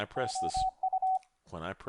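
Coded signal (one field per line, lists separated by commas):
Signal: Morse code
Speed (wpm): 25 wpm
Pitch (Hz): 750 Hz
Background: speech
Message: OU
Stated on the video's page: CW operated with software controlling a Ten-Tec OMNI VII.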